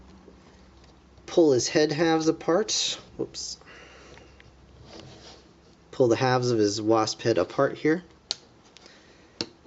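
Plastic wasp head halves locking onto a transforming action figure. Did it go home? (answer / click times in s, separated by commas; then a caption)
yes / 8.3 s, 9.4 s. Someone talks while the two plastic halves of a transforming action figure's wasp head are pulled apart and moved into robot-mode position. Sharp plastic clicks land at 8.3 s and 9.4 s as the halves lock into place, seated.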